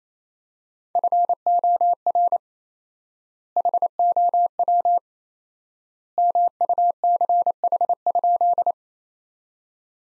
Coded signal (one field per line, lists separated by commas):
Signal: Morse code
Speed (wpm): 28 wpm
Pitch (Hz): 700 Hz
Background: none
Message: FOR HOW MUCH?